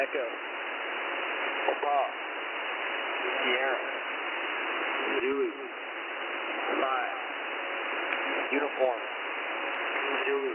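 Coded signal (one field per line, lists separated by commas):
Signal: coded military voice message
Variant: speedread EAM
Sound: a voice rapidly reads phonetic letters and numbers over steady radio hiss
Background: radio static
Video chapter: 03:42 speedreading an EAM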